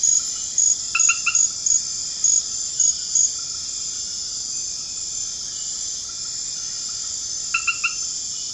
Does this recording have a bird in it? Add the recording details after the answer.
no. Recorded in pastures near Puerto Asís, Putumayo, Colombia, on 12 March 2025 at 22:30. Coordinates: 0.502, -76.324. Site GP07